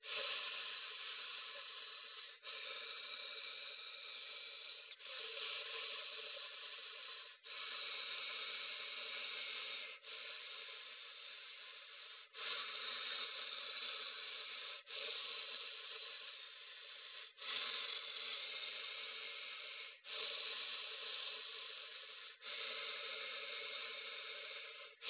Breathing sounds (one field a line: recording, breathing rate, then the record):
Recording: paced breathing near a phone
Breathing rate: 12 breaths a minute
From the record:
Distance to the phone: 20 cm